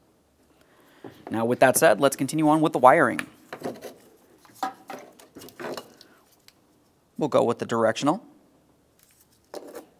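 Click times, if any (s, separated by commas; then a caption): none. Someone talks while handling the turn signal wiring connector at its socket on a plastic headlight assembly, with a few short handling knocks and taps between the words. The connector is not pressed home by the end, and nothing has seated or clicked yet.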